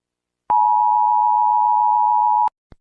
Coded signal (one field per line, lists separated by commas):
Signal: Emergency Alert System (SAME) tones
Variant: 853 and 960 Hz attention tone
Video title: The Sinkhole | EAS Scenario |